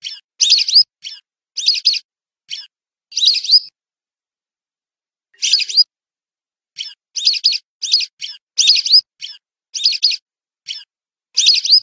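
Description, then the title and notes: Whistling duck giving high, clipped whistles in bursts, a roughly two-second silence midway, then a dense run of whistled notes. "Kicau Burung Belibis"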